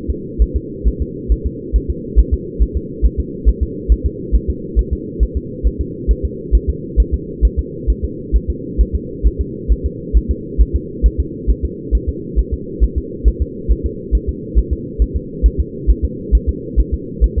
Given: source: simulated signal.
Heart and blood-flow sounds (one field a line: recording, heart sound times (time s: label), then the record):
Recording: fetal heart sounds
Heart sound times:
0.10 s: S2
0.42 s: S1
0.56 s: S2
0.88 s: S1
1.02 s: S2
1.32 s: S1
1.46 s: S2
1.76 s: S1
1.90 s: S2
2.19 s: S1
2.34 s: S2
2.62 s: S1
2.77 s: S2
3.05 s: S1
3.20 s: S2
3.49 s: S1
3.63 s: S2
3.92 s: S1
4.06 s: S2
4.35 s: S1
4.50 s: S2
4.79 s: S1
4.93 s: S2
5.23 s: S1
5.37 s: S2
5.67 s: S1
5.81 s: S2
6.11 s: S1
6.25 s: S2
6.55 s: S1
6.69 s: S2
7.00 s: S1
7.14 s: S2
7.45 s: S1
7.59 s: S2
7.90 s: S1
8.05 s: S2
8.36 s: S1
8.50 s: S2
8.81 s: S1
8.95 s: S2
9.27 s: S1
9.41 s: S2
9.72 s: S1
9.86 s: S2
10.17 s: S1
10.31 s: S2
10.61 s: S1
10.76 s: S2
11.06 s: S1
11.20 s: S2
11.50 s: S1
11.65 s: S2
11.95 s: S1
12.09 s: S2
12.39 s: S1
12.54 s: S2
12.84 s: S1
12.98 s: S2
13.28 s: S1
13.42 s: S2
13.71 s: S1
13.86 s: S2
14.15 s: S1
14.29 s: S2
14.58 s: S1
14.73 s: S2
15.02 s: S1
15.16 s: S2
15.46 s: S1
15.60 s: S2
15.90 s: S1
16.05 s: S2
16.35 s: S1
16.49 s: S2
16.80 s: S1
16.94 s: S2
17.24 s: S1
17.38 s: S2
From the record:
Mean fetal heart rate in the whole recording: 135 bpm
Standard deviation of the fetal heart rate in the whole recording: 3 bpm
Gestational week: 34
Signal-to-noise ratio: -4.1 dB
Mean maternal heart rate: no maternal heart sound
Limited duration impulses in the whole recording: absent